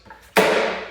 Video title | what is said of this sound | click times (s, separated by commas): EASY E-Bike Milk Crate Add-on Mod + Jasion Retrovolt Pro REVIEW | I mean, you know when it's clicked into place, and | 0.4 s